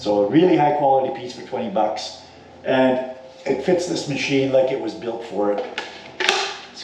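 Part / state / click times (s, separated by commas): drying nozzle onto leaf blower tube / seated / 6.2 s, 6.3 s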